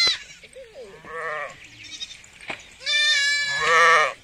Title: 绵羊咩咩咩